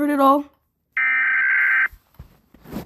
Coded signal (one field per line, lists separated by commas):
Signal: Emergency Alert System (SAME) tones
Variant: header bursts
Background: speech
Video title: rating eas alarms part 2